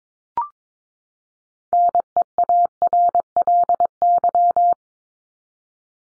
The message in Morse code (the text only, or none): NEARLY